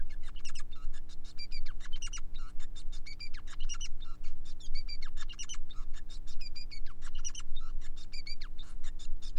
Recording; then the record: song of a male Bengalese finch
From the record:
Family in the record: son of father 5